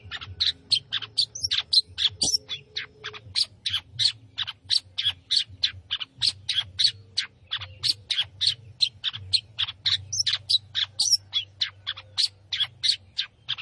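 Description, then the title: Long-tailed shrike song: long lively stream of harsh, varied chattering notes repeated rapidly throughout. Singing lively (gacor). "Cendet Gacor"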